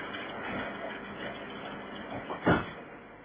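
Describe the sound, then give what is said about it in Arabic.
A door at a factory is closed behind a person, swinging shut with one solid, loud thud near the end, preceded by soft shuffling and faint creaks over a low background hum. “طب اقفل الباب وراك وتعالى معايا المكتب بتاعك.”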